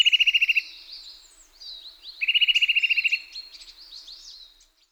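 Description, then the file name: Eurasian nuthatch giving two rapid trills of even, clipped notes, each lasting under a second, with softer busy twittering and chirps between and after them. "Sitta europaea"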